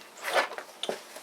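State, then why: Seated. A U-joint component or clip on a Jeep Wrangler TJ front axle yoke is slid over and pressed down during front-end reassembly. A broad scraping rush comes first, then a sharp click at 0.8 s as it seats into place.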